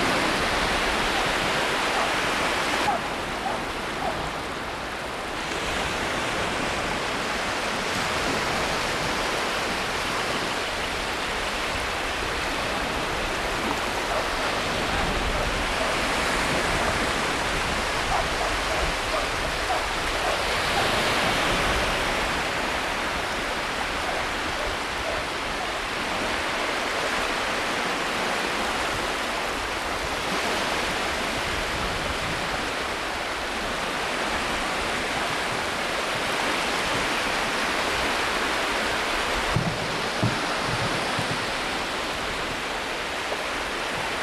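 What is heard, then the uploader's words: Tide going out on a beach, a steady hiss of washing water with gentle swells in loudness and no distinct calls. Port of Ness beach. Taken around 10am on the morning. An extraordinarily hot summer morning.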